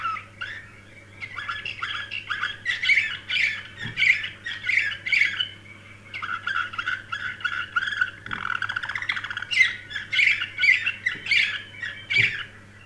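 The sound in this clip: Canary song, a long run of varied trills and chirps, with brief clicks and a steady low hum beneath.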